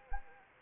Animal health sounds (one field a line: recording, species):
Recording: mosquito wingbeat signal from an infrared sensor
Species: Anopheles arabiensis